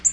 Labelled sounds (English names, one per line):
Black-throated Green Warbler flight call